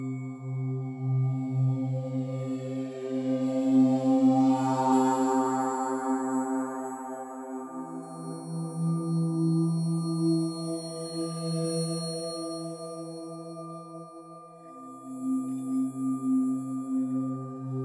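Sustained metal tones like a Tibetan singing bowl hum steadily, shifting between a low drone and a slightly higher pitched tone around the middle. Bright ringing overtones float above, with a soft swell of shimmer near five seconds and a gentle pulsing throughout.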